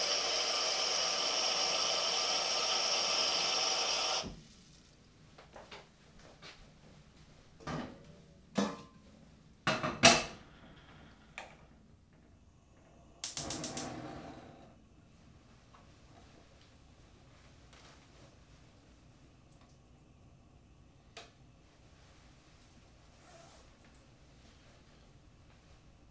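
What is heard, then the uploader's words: Cooking in a kitchen opens with about four seconds of steady, loud hissing, like water running or a burner going, which then cuts off abruptly. Scattered clanks and knocks follow, clustered around eight to fourteen seconds, then it goes quiet apart from a faint low hum and one small tap. Cooking Pasta. It consisted of prepackaged ravioli, asparagus, red pepper, garlic, olive oil, salt and pepper. It is a stereo recording. Cooking a quick meal.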